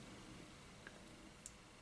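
A spring-loaded lug bar is fitted between the lugs of a handmade watch case, and its spring ends snap into the drilled lug holes. Over a quiet, steady hiss there is a faint tick at 0.9 s, then a sharp, brief click at 1.5 s. The click confirms the lug bar has seated in the holes.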